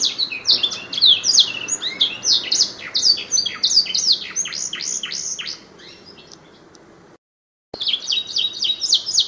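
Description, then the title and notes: Canary singing a quick series of high, sweeping chirps and trills, fading to quiet, then a brief silent cut before the song resumes. Master canary song used for training cage birds and as a lure to excite other birds into singing. "PANCINGAN SUARA MASTERAN KENARI BIKIN BURUNG MAKIN MENGGILA. masteran kicau kenari"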